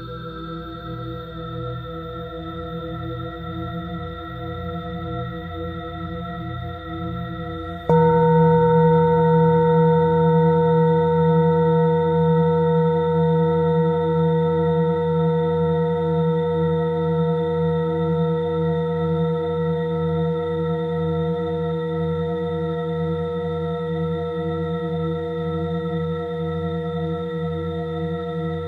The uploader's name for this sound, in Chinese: 颂钵